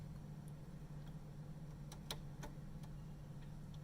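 A small fan mounting block, facing down at the bottom, is handled and positioned while the PCB fan is refitted into an Emblaser 2 laser cutter housing. Light ticks and taps, the sharpest near 2.1 s, sound over a steady low hum. Nothing has seated or clicked into place yet.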